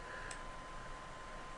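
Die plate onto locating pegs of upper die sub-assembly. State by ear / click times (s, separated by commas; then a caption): not seated / none. A die plate is lined up by hand over the locating pegs of an upper die sub-assembly, with only two of the three holes needing to align before it pops into place. Only light handling and faint ticking sounds are heard over a steady background hum with a constant tone near 1 kHz. Nothing has seated or clicked yet in this stretch.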